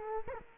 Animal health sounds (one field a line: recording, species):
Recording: mosquito wingbeat signal from an infrared sensor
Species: Culex quinquefasciatus